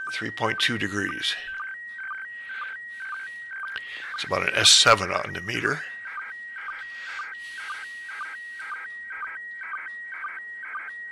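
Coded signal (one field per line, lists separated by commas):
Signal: SSTV (slow-scan television)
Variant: PD 120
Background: speech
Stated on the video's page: Live SSTV reception from an ISS pass.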